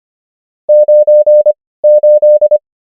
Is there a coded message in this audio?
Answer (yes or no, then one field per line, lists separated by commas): yes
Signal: Morse code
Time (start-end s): 0.7-2.6 s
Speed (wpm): 25 wpm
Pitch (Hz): 600 Hz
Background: none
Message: 98